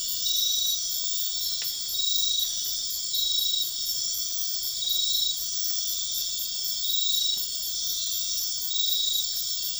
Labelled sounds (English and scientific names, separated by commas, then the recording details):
none
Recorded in dense forest near Puerto Asís, Putumayo, Colombia, on 4 March 2025 at 01:00
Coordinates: 0.500, -76.322
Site GP06